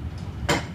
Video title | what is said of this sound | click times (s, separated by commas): FASTEST SHOOTING AIRSOFT GUN!!!!! tech time with cast | that snap all right this thing is in position | 0.5 s